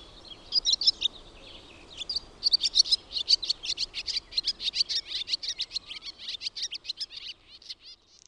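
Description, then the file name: Barn swallow in a continuous stream of quick chirping, warbling notes that fade toward the end, over faint low background noise. "HAARAPAASKY"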